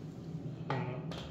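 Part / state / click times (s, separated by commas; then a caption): buttstock into its seat at the rear of the submachine gun receiver / not seated / none. A buttstock assembly is fitted onto the rear of an MKE T94A2 submachine gun receiver, a Turkish clone of the HK MP5, and guided toward its recess. Two short handling knocks are heard at about 0.7 s and 1.1 s over a low steady hum. Nothing has seated or clicked yet.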